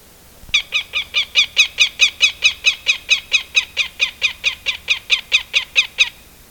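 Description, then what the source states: Northern goshawk alarm: a loud, harsh, evenly spaced cackling series of many 'kak' notes, then stopping abruptly. Adult female and male defending territory around their nest with two fledglings about 38 to 40 days old, one on the nest, one branched; July 4, 10:20.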